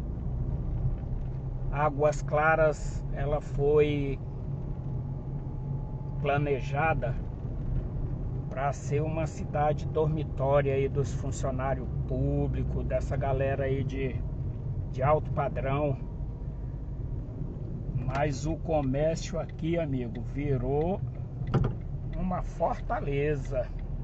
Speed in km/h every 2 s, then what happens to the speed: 40, 39, 41, 39, 38, 36, 30, 30, 26, 22, 22, 23.
0-5 steady at about 40. 5-18 slows to 22. 18-24 steady at about 22.